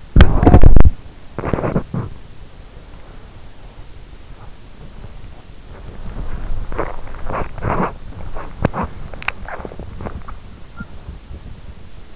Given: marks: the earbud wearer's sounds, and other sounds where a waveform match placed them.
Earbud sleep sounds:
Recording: sounds in sleep by an in-ear microphone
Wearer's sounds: body movement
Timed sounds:
0.00-12.16 s: body movement

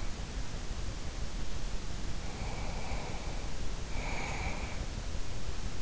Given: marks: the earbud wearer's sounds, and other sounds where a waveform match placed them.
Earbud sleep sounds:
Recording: sounds in sleep by an in-ear microphone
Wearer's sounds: breath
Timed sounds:
2.23-4.85 s: breath

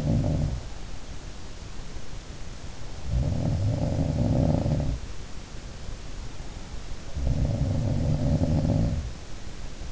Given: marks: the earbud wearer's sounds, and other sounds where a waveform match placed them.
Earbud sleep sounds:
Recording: sounds in sleep by an in-ear microphone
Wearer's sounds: breath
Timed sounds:
0.00-1.11 s: breath
2.70-5.26 s: sound from someone else or the room
6.96-9.45 s: sound from someone else or the room

